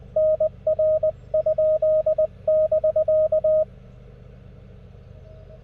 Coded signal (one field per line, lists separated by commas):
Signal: Morse code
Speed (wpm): 20 wpm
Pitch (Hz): 620 Hz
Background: radio noise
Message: NR?<BK>